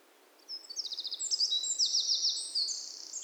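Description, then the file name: Eurasian wren song: after a brief quiet start, a loud, high, rapid outpouring of shrill trills and ticking notes that runs without a break to the end. "Troglodytes troglodytes"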